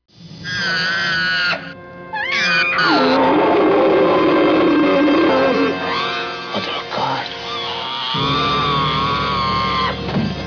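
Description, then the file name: Killer whale calls: high wavering whistles and squealing pulsed cries that slide up and down in pitch, over a low rumbling background. "orca"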